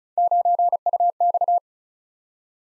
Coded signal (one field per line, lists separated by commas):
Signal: Morse code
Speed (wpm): 36 wpm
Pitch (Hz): 700 Hz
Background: none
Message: 9UX